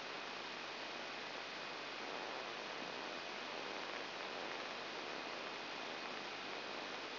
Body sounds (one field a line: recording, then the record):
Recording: brain microelectrode recording played as sound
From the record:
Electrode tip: outside the subthalamic nucleus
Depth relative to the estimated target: -8 mm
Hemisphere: left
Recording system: AlphaMap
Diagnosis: Parkinson's disease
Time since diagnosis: 14 years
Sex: female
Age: 63 years